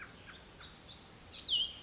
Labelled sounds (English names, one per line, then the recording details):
Black-throated Gray Warbler
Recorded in Sonoma County, California